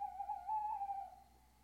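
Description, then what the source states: Owl hoot: one steady, slightly wavering whistled note that fades away. Owls (chouettes) recorded at Ker Anna.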